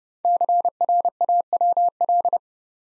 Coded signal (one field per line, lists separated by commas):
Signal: Morse code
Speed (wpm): 30 wpm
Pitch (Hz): 700 Hz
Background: none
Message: CRAWL